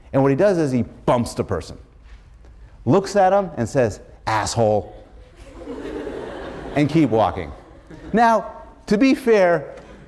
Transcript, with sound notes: And what he does is he bumps the person, looks at him and says, "Asshole" [laughter] and keep walking. Now, to be fair,